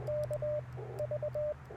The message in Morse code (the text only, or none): K V